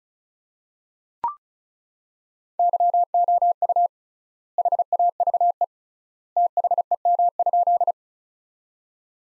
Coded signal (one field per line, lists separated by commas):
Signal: Morse code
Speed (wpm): 34 wpm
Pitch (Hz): 700 Hz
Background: none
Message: YOU HAVE THEM?